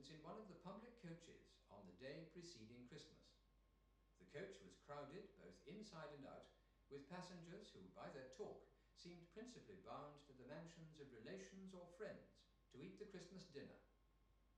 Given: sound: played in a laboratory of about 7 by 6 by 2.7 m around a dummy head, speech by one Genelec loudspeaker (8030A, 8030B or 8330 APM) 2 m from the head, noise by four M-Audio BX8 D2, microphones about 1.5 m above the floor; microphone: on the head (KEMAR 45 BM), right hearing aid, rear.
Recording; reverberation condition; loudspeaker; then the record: male speech in English; medium; 150 degrees to the left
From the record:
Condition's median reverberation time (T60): about 510 ms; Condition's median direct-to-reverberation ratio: about -0.5 dB